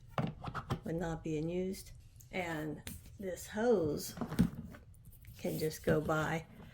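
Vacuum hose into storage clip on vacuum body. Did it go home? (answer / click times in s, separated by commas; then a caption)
no / none. Someone talks while the plastic hose of an Armor All wet/dry vac and blower is handled and brought toward the storage clips on the side of the vacuum body, to keep it neat when not in use. A few faint, brief taps sound near 4.7–5.3 s, but nothing has seated or clicked yet.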